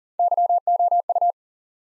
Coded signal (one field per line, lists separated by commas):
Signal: Morse code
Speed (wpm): 40 wpm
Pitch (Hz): 700 Hz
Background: none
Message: YOU